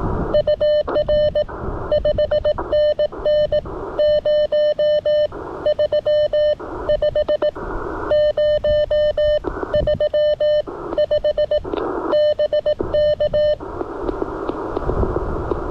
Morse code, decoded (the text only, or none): UR 5NN 035 035 BK